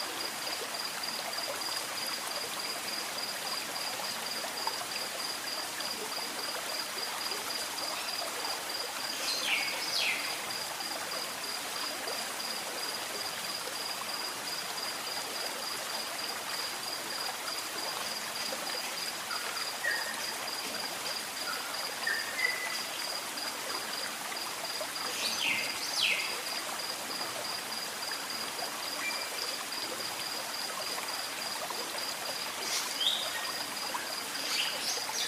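A stream runs with a steady, dense rushing hiss that holds level throughout, bright. A thin high whine sits constantly above it, and short bird chirps break in around 10, 20 to 26, and 33 seconds.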